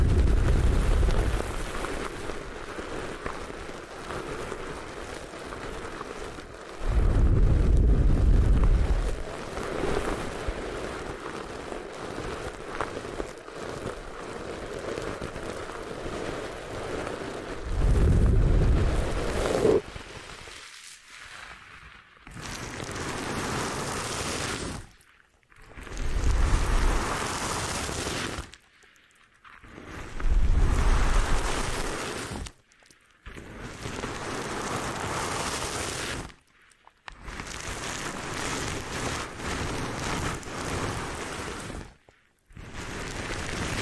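Hair washing with a dense, rushing wash of water and scrubbing that runs steadily for about twenty seconds, with deeper low swells near 8 and 18 seconds. After that the sound breaks into separate bursts of several seconds each, divided by short silent gaps.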